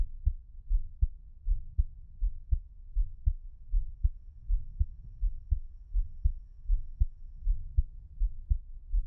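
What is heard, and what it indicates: Soft, deep thumps come in a steady rhythm of about 79 beats a minute, each beat heard as a paired lub-dub. It is an adult heartbeat picked up close with a 3Dio binaural microphone for ASMR, with no talking.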